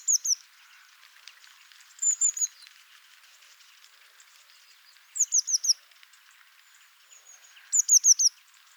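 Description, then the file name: Eurasian blue tit calls: high, thin descending notes in quick bursts of three or four, repeated roughly every two to three seconds over faint background hiss. "Cyanistes caeruleus"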